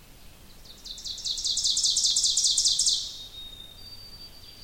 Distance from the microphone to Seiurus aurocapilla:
about 20 m